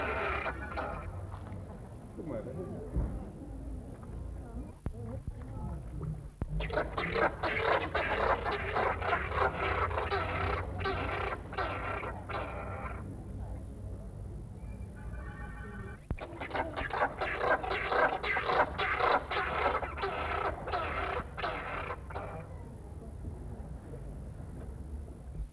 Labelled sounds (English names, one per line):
Southern Rockhopper Penguin call